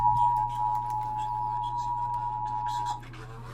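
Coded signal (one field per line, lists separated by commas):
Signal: Emergency Alert System (SAME) tones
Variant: 853 and 960 Hz attention tone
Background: speech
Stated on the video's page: Child abduction emergency relayed by KUHT 8.1 and KWWJ 1360 AM.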